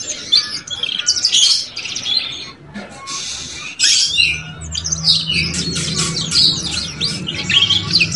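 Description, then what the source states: Belgian canary song of bright, rapid chirps and rolling trills, a short lull near three seconds, then vigorous twittering resumes over a low steady hum. Belgian canary song used to stimulate young canaries to start singing and warbling quickly.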